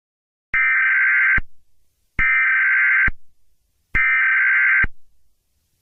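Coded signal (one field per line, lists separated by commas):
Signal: Emergency Alert System (SAME) tones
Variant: header bursts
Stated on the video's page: Fictional scenario alert, not real.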